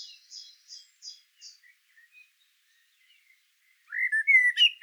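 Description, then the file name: Common blackbird giving several evenly spaced high ticks, a quiet lull with soft faint notes, then a loud mellow warbled phrase with a high squeaky finish. "Turdus merula"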